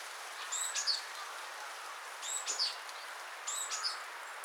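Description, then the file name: Great tit singing three brief, high, thin phrases of quick falling notes against a soft noisy background. "Parus major"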